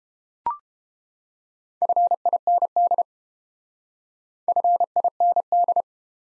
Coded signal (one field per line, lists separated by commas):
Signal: Morse code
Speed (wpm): 30 wpm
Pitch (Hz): 700 Hz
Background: none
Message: FIND FIND